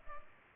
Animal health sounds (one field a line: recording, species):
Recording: mosquito wingbeat signal from an infrared sensor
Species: Culex pipiens